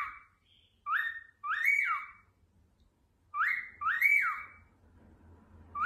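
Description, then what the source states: Cockatiel whistling: loud swooping notes that rise then fall, given in pairs separated by pauses. Cockatiels singing and whistling, more than one bird.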